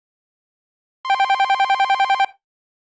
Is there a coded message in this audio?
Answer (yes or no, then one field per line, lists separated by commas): no